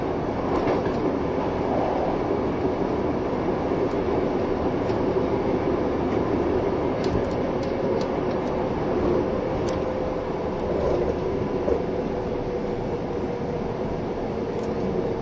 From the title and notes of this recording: 近鉄16000系 吉野特急4508レ 01/01:吉野～大阪阿部野橋. This is the train running sound (still image) of the ``Yoshino Express''.